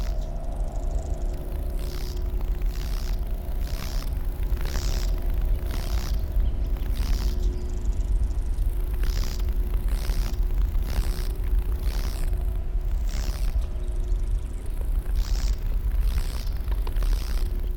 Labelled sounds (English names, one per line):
Lesser Marsh Grasshopper stridulation